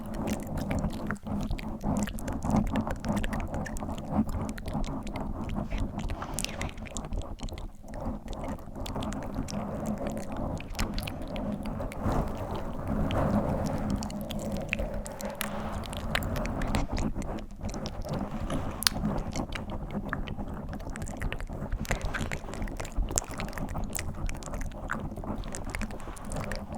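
Mic scratching fills the whole stretch with a dense, crackly rustle and a steady low rumble underneath. Quick sharp scrapes and ticks land constantly and irregularly. The level holds fairly even throughout, with no pauses.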